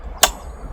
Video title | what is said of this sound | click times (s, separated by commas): Ultimate Performance At An Unbeatable Price: Check Out The DYU C3 Folding Ebike | and then you've got this rather strong clip here probably two hands you just click that in | 0.2 s